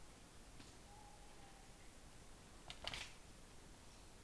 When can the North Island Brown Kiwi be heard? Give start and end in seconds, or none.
none